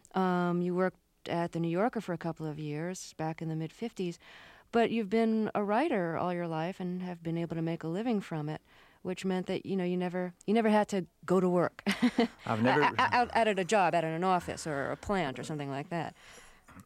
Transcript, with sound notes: You worked at the New Yorker for a couple of years back in the mid-'50s, but you've been a writer all your life and have been able to make a living from it, which meant that, you know, you never had to go to work.
(SOUNDBITE OF LAUGHTER)
I've never...
Out at a job, out at an office or a plant or something like that.